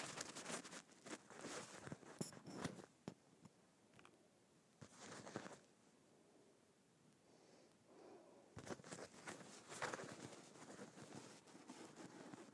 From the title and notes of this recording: ASMR Scratching Bumpy Leather.